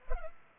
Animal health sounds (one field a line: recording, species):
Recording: mosquito wingbeat signal from an infrared sensor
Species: Culex pipiens